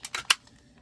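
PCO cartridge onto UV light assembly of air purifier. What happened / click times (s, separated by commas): The plastic cartridge clicks into its housing / 0.3 s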